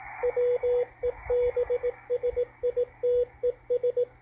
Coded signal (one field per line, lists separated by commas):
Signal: Morse code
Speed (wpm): 18 wpm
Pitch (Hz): 490 Hz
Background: radio noise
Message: WEBSITES